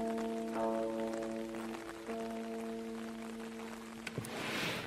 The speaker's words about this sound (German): Während er dem Prasseln des Regens lauschte, suchte er noch nach ein paar persönlicheren Worten.